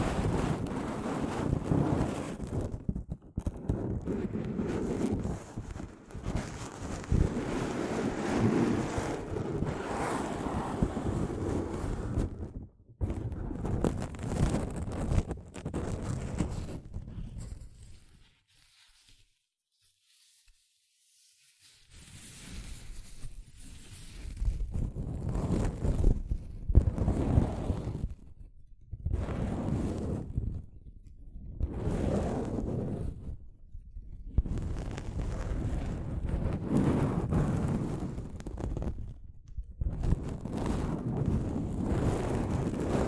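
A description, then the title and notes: Soft fabric brushes across a microphone in dense, rumbling strokes, mostly low and muffled with a rough hiss on top. The rubbing runs nearly continuously for twelve seconds, then comes in separate swipes after a near-silent gap around 19 to 22 seconds. ASMR Mic Brushing using Soft Fabric (No Talking).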